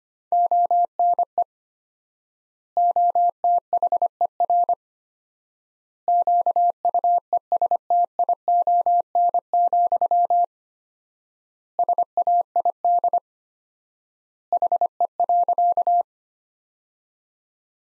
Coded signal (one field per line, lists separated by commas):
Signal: Morse code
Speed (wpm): 25 wpm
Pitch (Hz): 700 Hz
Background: none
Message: ONE OTHER QUESTION, SAID HE.